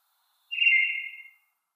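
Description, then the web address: Eyebrowed thrush giving a single song phrase of about one second, with no other sounds. "Schulze Peter Eyebrowed Thrush song"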